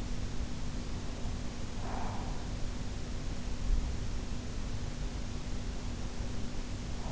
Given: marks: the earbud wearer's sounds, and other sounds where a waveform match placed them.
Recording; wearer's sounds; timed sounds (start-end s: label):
sounds in sleep by an in-ear microphone; breath
1.44-2.78 s: breath